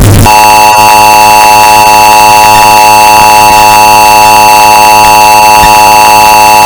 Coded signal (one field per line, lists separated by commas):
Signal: Emergency Alert System (SAME) tones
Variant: 853 and 960 Hz attention tone